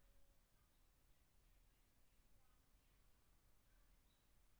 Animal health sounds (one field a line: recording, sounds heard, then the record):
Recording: poultry house recording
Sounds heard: no chicken sound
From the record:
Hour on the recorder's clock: 16